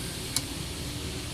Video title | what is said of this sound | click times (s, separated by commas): How To Replace BMW Coolant Expansion Tank 2000 up | hear it snap push that down that locks it into place | 0.4 s